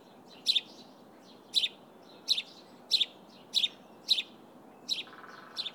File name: Passer domesticus